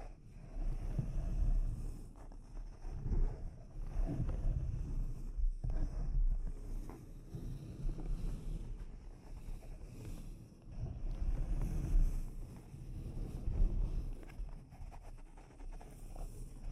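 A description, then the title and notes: Mic scratching fills the clip with a dense, rumbling, deep rustle that swells and fades in uneven waves, like wind buffeting the microphone. A few sharper taps stand out, around six and ten seconds, and there are brief quieter dips in between. ASMR Delicate Mic Scratching and Tapping Triggers for Instant Sleep (No Talking).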